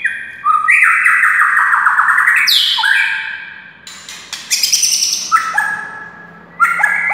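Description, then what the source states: White-rumped shama song: rich varied phrases of slurred whistles sliding between low and high notes, with sharp clicks and bursts. Wild white-rumped shama (murai hutan).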